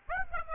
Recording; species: mosquito wingbeat signal from an infrared sensor; Aedes aegypti